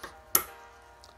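A small punch pushes a spring-loaded steel detent into its bore on a classic Mini rod-change gearbox mainshaft assembly. A faint tap at 0.0 s is followed by a sharp, bright metallic click at 0.4 s as the detent seats, then a soft tick near 1.0 s. Faint background music runs underneath.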